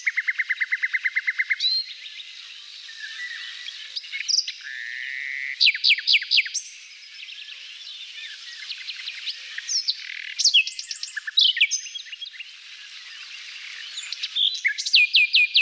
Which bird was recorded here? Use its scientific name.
Luscinia megarhynchos